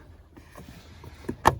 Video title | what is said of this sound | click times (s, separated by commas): 2011 Jeep Grand Cherokee - Cabin Filter Remove and Replace | Once you get that latched in the right hand side, you just | 1.5 s